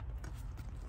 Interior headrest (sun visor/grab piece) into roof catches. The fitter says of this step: So you hear a click, and that's how it's in.